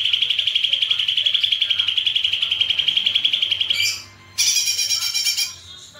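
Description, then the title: Streaked spiderhunter song, a steady fast series of high chips for about four seconds, then a brief pause and a burst of higher buzzy notes. Long, clear, vigorous singing; tutor song for training songbirds. "Pijantung Gunung Gacor Jernih Panjang"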